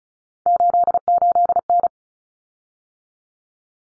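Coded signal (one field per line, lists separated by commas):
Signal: Morse code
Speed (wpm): 34 wpm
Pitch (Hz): 700 Hz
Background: none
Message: 88N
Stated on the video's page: Head-copy drill at 35 wpm of three-digit cut numbers, using T, A, N for 0, 1, 9, each sent, spoken, then sent again.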